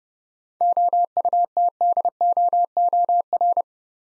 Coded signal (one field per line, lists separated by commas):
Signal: Morse code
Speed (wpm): 30 wpm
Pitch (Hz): 700 Hz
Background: none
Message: OUTDOOR